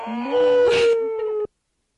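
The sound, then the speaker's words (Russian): A single drawn-out cow moo that rises in pitch and then holds a steady, strongly harmonic tone for over a second before stopping abruptly, with no talking. “И вот какая хорошая корова, которая дает нам такие замечательные продукты.”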